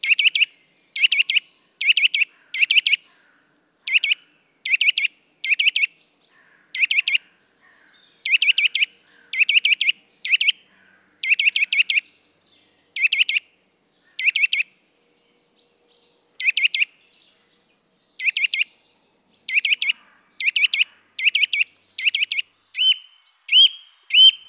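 A Eurasian nuthatch calls repeatedly, giving short, sharp, bright notes in quick clusters every second or so across the whole stretch. After a brief lull near the middle, the calls resume, and toward the end they shift into a thinner, more continuous run of song. The background is silent.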